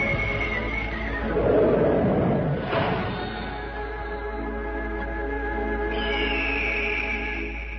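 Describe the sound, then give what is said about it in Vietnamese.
A horse whinnies in a long, wavering call with bright harmonic tones, falling and rising over several seconds, with no one speaking. “Hai người nắm tay nhau ra thảo nguyên, phóng ngựa, thả điêu.”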